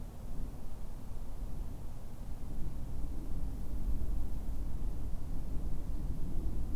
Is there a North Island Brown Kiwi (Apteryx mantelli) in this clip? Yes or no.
no